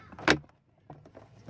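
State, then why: Seated. A plastic glovebox stop bumper on a Honda Odyssey is lifted past a metal clip on the dash and snaps into place with a sharp click at 0.3 s. Softer knocks and rustles follow. The bumper seats behind the clip, and that is what holds the glovebox secure.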